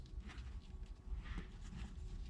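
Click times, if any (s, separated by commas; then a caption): none. The dirty-side hose from a JLT 3085D oil separator catch can on a 2014-2018 Chevrolet/GMC truck or SUV 5.3L/6.2L engine is routed between the valve cover and the wiring harness as its quick-connect fitting is brought to the engine's PCV valve. Low rumbling handling noise with soft scuffs and rustles is heard throughout. Nothing has seated or snapped onto the valve yet.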